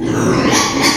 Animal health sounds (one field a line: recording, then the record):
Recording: squeal of a Yucatan mini pig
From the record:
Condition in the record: before surgery on the right vocal fold (resection and tissue-engineered implant)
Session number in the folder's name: 2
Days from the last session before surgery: 0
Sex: male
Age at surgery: 12 weeks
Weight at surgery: 13 kg